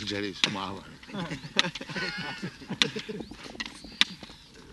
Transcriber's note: laughter